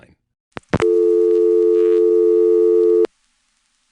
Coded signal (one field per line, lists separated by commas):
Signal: telephone call progress tone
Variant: North America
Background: speech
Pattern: dial tone